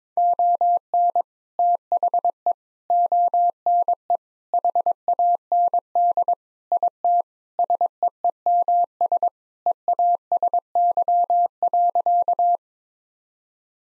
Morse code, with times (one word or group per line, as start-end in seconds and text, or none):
0.2-1.2 ON
1.6-2.5 THE
2.9-4.2 ONE
4.5-6.3 HAND
6.7-7.2 IT
7.6-9.3 SEEMS
9.7-12.6 EASY.